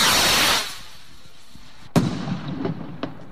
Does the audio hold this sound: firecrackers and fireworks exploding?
yes